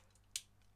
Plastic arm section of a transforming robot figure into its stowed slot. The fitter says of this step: until it snaps nice and securely into place and we can then straighten out that elbow joint